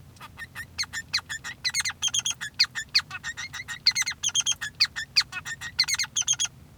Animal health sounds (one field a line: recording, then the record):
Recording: song of a male Bengalese finch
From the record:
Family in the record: son of father 3